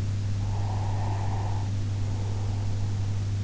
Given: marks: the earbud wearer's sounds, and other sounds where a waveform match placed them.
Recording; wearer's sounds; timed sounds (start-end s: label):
sounds in sleep by an in-ear microphone; breath
0.48-3.29 s: breath